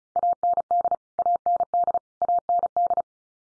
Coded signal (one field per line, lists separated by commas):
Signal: Morse code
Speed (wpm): 34 wpm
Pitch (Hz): 700 Hz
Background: none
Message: AND AND AND